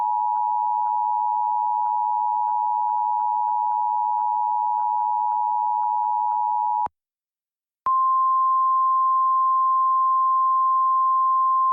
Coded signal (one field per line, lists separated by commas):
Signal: Emergency Alert System (SAME) tones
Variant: 853 and 960 Hz attention tone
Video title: IGNITION - WILDFIRE EAS SCENARIO